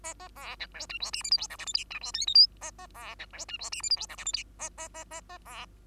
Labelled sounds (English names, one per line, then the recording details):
Bengalese Finch song
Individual Bird2